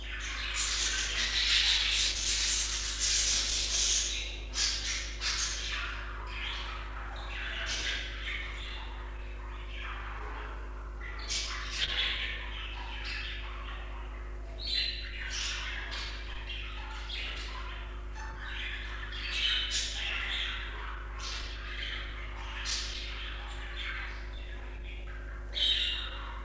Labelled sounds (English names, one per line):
Budgerigar call